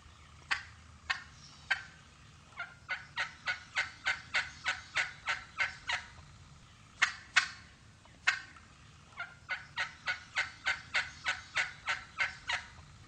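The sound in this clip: Turkey yelping in quick runs of sharp, raspy notes, about three per second, broken by short pauses into several series.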